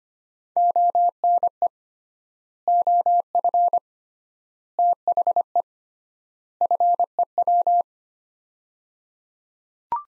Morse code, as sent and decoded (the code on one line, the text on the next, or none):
--- -. . / --- ..-. / - .... . / ..-. . .--
ONE OF THE FEW